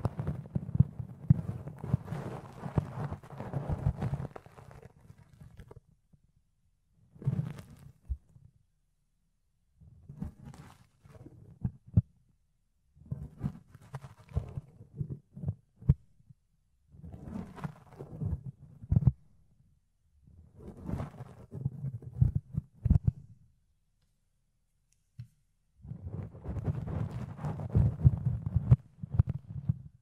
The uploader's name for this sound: Fluffy Ear Cleaning, Ear Picking